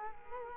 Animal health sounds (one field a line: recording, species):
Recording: mosquito wingbeat signal from an infrared sensor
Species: Culex quinquefasciatus